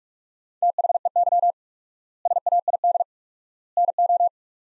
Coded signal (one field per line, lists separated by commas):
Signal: Morse code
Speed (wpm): 46 wpm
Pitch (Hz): 700 Hz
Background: none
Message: THEY SAID NO